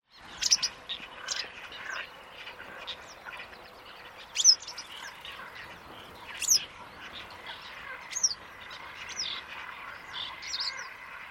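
White wagtail sharp, high calls, short descending notes given singly or in pairs at irregular intervals over steady background noise.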